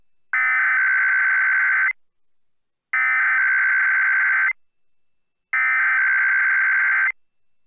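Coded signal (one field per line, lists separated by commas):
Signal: Emergency Alert System (SAME) tones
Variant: header bursts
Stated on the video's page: Weekly tests from KUNA and IPAWS time zones.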